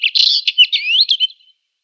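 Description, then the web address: Northern Wheatear song: one quick, squeaky, crackling phrase of jumbled high notes lasting just over a second. "Schulze Peter Northern Wheatear song"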